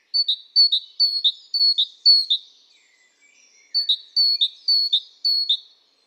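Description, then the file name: Great tit repeating crisp two-note high calls in two quick series of five and four, with a brief soft pause between them. "Parus major"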